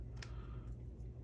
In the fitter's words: snaps into place or finds home there we go